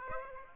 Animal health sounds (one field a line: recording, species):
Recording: mosquito wingbeat signal from an infrared sensor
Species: Aedes aegypti